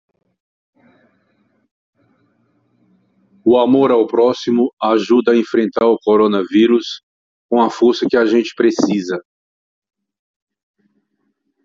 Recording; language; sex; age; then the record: spoken sentence; Brazilian Portuguese; male; 60 to 69 years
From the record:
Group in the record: control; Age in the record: 67 years